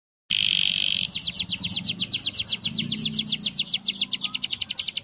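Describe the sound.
Canary singing: a short steady buzzy note, then a long run of rapid, evenly repeated descending chirps over a low background hum.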